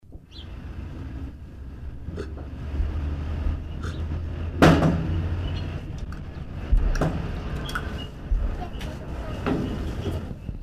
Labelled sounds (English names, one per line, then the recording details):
Mantled Guereza call
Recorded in captivity
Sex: male
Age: adult
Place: Zoopark Erfurt, Thüringen, DE
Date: 1968-10-10 12:00
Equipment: Uher 4200 Report Stereo, Sennheiser MD 421
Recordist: Tembrock, Günter
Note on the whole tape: Als Colobus abyssinicus beschrieben. Männchen. Laute durch Pfleger ausgelöst. Abstand ca. 3 m